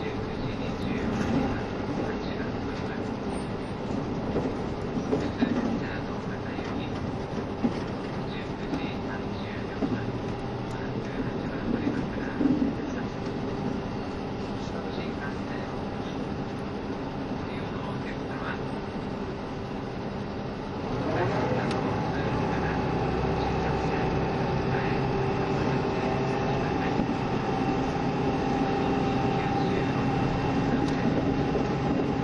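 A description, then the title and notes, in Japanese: Running sound from inside a KiHa 72 series Yufuin no Mori train, a steady low rumble and hum of the moving diesel railcar. Faint voices and small clicks sit beneath it. Around twenty seconds the noise grows louder and rougher, then stays dense to the end. 配信は、JR九州キハ72系 ゆふいんの森06号02 うきは～博多です。走行音。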